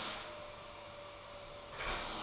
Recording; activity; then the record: daily activity, microphone in the room; vacuum cleaning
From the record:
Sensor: 5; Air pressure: 1010.3 hPa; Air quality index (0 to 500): 120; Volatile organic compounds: 2 ppm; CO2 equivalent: 1180 ppm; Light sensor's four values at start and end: 479/1220/505/562 and 479/1220/505/562